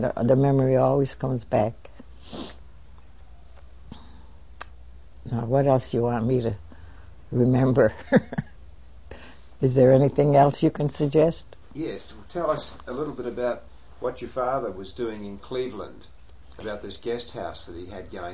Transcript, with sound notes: And the memory always comes back. Now, what else do you want me to remember? ( she laughs ) Is there anything else you can suggest?
Yes. Tell us a little bit about what your father was doing in Cleveland, about this guest house that he had going.